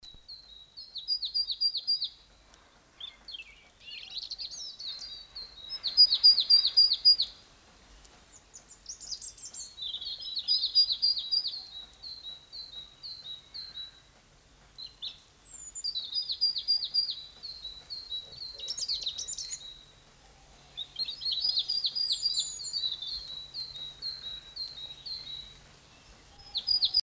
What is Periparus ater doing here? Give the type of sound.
song